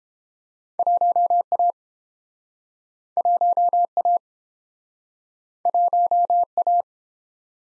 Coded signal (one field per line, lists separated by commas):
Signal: Morse code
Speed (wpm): 28 wpm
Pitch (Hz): 700 Hz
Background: none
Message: 1A 1A 1A